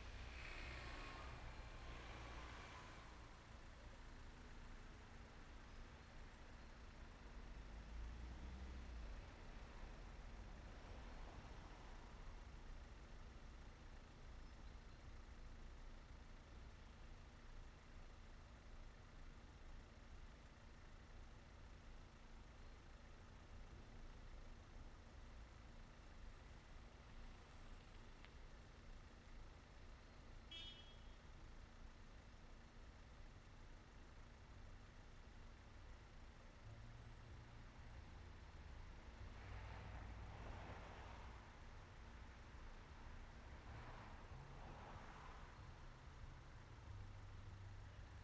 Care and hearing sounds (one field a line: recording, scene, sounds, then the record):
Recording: everyday scene through a hearing-aid microphone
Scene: in traffic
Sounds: traffic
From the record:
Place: main road on the outskirts, rush hour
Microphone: behind the ear, right, rear